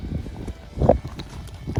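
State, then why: Seated. The second upper support pole of a 12-foot Home Depot skeleton decoration frame is pushed down onto the lower support pole, with low handling thumps and rustles around it. The spring locking pin clicks through the hole at 0.9 s, and the pole is seated.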